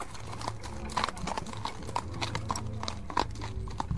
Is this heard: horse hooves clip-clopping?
yes